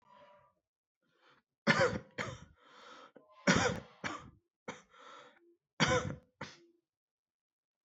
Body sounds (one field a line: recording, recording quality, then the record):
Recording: shallow voluntary cough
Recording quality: excellent, no background noise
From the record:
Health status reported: COVID-19 positive, mild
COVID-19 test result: positive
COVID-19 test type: RT-PCR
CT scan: not taken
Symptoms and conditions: cough, cold, sore throat, fatigue, muscle pain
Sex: male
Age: 26 years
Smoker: no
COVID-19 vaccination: both doses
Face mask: not worn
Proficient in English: yes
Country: India